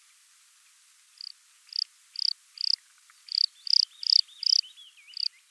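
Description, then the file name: Bluethroat song: a series of clear high notes, then a short twisting, warbled phrase before a final note. "Luscinia svecica"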